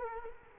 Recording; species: mosquito wingbeat signal from an infrared sensor; Culex quinquefasciatus